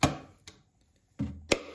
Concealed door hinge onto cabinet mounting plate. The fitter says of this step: but it should just slide on here and then pull the tab and it should click in sorry